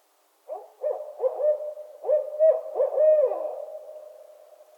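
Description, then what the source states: Several barred owls in a raucous chorus of overlapping hoots and cackling wails, loudest midway, ending in a trailing drawn-out note. Several owls calling during the mating season in northern Michigan.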